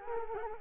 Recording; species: mosquito wingbeat signal from an infrared sensor; Culex quinquefasciatus